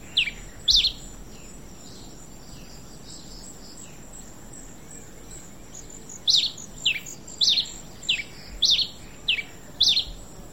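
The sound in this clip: Red-crested finch calling: two sharp high chips, a pause of several seconds, then a brisk run of about seven similar downslurred notes, with a constant high buzz behind.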